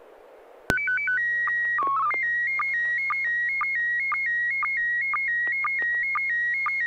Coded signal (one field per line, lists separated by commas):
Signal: SSTV (slow-scan television)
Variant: PD 120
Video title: N6NA SSTV Net - 07/27/2022